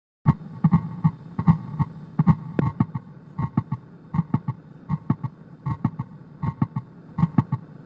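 Heart sounds from a heart sound simulator repeat at about 79 a minute, each beat a cluster of short sharp sounds with a crisp click between the first and second sounds. This is a midsystolic click, typical of mitral valve prolapse.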